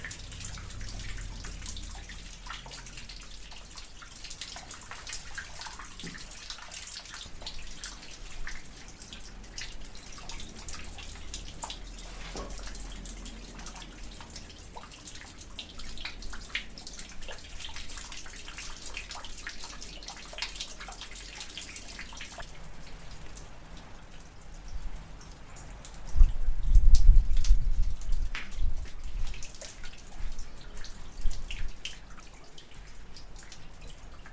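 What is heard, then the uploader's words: Raindrops fall steadily during a storm, a dense patter of crisp, bright drips scattered through the first twenty-odd seconds. After that the dripping thins and grows quieter, and around 26 seconds a low rumbling swell rises briefly before settling again. Sheltering in a long barrow during a storm. We're high on the Wessex Downs. A long barrow broods on a lonely ridge – a tomb that has stood here for 5000 years. Caught in a storm while walking the Ridgeway, you are forced to shelter in the barrow's entrance, listening to the raindrops falling from the ancient stones.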